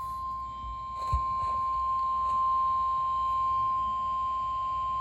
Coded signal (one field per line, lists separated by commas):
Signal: Emergency Alert System (SAME) tones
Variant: 1050 Hz attention tone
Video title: Leftover EAS Alerts from 6/18/2026 | EAS #318-334